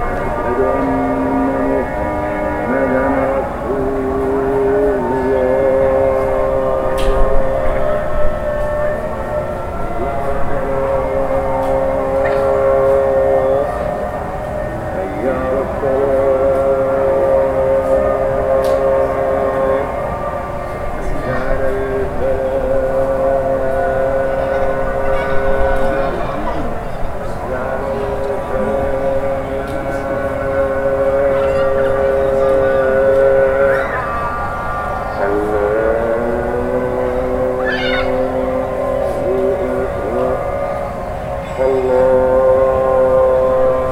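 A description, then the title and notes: A loud, amplified voice chants a call to prayer in long held notes that bend slowly up and down, pausing briefly between phrases every several seconds. A steady low hum of surrounding street noise continues underneath, with a few faint knocks. Northern Morocco Impression. Field Recording. Mixed Recordings from Fes, Iche, Figuig, Marrakesh of Morocco: Sounds of Prayers and Life.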